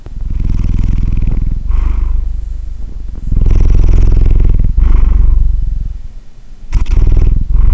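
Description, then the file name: Cat: loud rumbling purr, continuous vibrating bouts broken only by brief breath gaps and a small click before the last swell. "Catpurrmesa"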